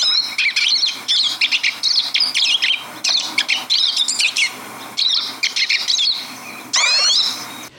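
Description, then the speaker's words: Pine Siskin flock giving husky twittering songs in bursts, then a long harsh upsweeping wheezy zweet near the end. A chattering group; husky songs with whispering trills, slurs and short rising notes, mixed with wheezy contact calls, long harsh upsweeping zweets among the longer songs. "that was a chattery group of pine siskins, very small songbirds with sharp pointed bills and short notched tails."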